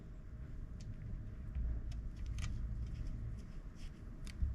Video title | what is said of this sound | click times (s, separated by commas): 49cc 4 Stroke Carburetor not idling FIX Motorized Bike | Make sure that it goes all the way down. You could kind of hear a click. | 2.4 s